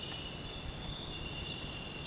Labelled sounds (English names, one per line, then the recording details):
none
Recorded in dense forest near Puerto Asís, Putumayo, Colombia, on 23 June 2025 at 05:30
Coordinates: 0.486, -76.317
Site G065